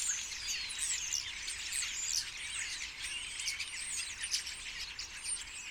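Common starlings in a noisy flock, with many overlapping high whistles, slurred squeals and rattling chatter running on steadily.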